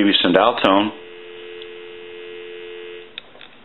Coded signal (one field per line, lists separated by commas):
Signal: telephone call progress tone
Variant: North America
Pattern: dial tone